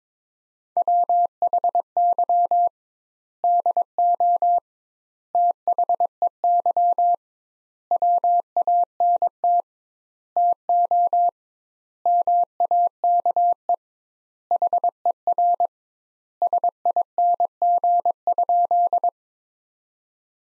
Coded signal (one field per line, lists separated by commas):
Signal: Morse code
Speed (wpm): 22 wpm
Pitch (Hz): 700 Hz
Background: none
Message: WHY DO THEY WANT TO MAKE HER SING?